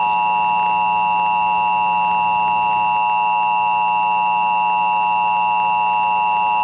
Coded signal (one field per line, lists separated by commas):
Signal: Emergency Alert System (SAME) tones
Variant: 853 and 960 Hz attention tone